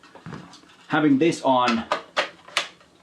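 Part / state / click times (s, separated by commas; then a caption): accessory onto flash head / seated / 2.6 s. An accessory is fitted onto the front of a Godox AD400 Pro portable studio flash head while someone talks. A sharp, loud snap is heard at 2.6 s as the accessory clicks into place and seats on the flash head.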